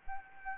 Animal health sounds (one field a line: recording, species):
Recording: mosquito wingbeat signal from an infrared sensor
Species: Anopheles gambiae